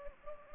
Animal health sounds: mosquito wingbeat signal from an infrared sensor; Anopheles gambiae

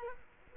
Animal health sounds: mosquito wingbeat signal from an infrared sensor; Culex quinquefasciatus

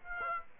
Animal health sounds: mosquito wingbeat signal from an infrared sensor; Aedes aegypti

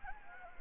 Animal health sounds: mosquito wingbeat signal from an infrared sensor; Anopheles gambiae

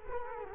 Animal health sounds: mosquito wingbeat signal from an infrared sensor; Culex quinquefasciatus

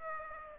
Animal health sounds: mosquito wingbeat signal from an infrared sensor; Aedes aegypti

